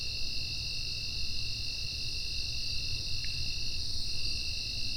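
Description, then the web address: Unbroken insect trill held at a high, even pitch, one brief faint click midway, with a low rumbling background. "Soundfx IV. General Insects"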